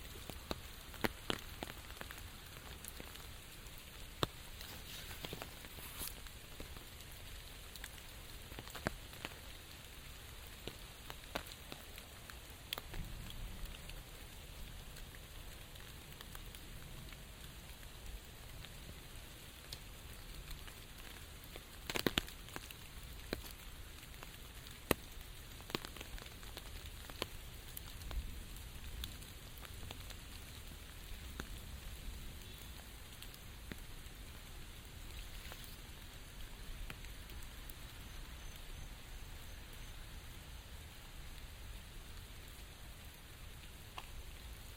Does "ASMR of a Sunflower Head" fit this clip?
no